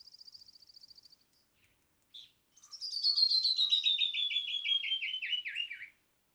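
Canyon wren song: soft, fast high trill first, then a long cascade of ringing whistled notes descending steadily in pitch.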